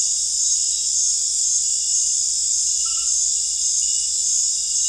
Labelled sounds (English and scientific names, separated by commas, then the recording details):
none
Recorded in dense forest near Puerto Asís, Putumayo, Colombia, on 20 December 2024 at 19:00
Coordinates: 0.482, -76.320
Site G021